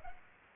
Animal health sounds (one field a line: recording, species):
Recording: mosquito wingbeat signal from an infrared sensor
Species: Aedes aegypti